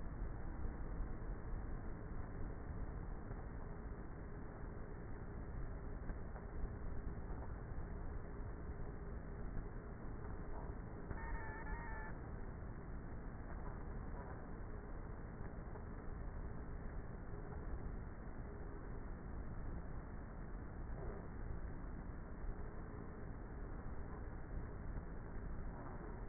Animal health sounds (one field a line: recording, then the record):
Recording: honeybee colony, microphone inside the hive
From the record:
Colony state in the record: queenless with a low population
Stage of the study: before two queens were removed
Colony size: about 30,000 bees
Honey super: no